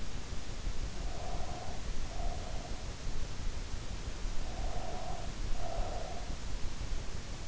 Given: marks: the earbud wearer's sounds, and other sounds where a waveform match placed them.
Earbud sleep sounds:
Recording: sounds in sleep by an in-ear microphone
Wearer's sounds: breath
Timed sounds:
0.89-3.03 s: breath
4.06-6.46 s: breath

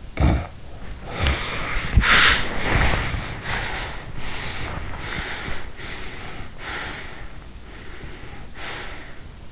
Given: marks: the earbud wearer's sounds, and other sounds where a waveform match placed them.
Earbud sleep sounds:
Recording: sounds in sleep by an in-ear microphone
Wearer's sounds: snoring breath, body movement, breath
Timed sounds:
0.13-0.80 s: snoring breath
0.94-7.13 s: body movement
1.11-2.65 s: breath
2.69-4.16 s: breath
4.25-7.49 s: breath
7.58-9.52 s: breath

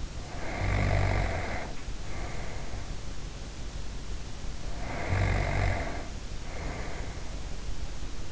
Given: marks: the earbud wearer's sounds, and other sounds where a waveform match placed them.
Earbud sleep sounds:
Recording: sounds in sleep by an in-ear microphone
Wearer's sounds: snoring breath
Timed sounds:
0.00-2.89 s: snoring breath
4.67-7.50 s: snoring breath

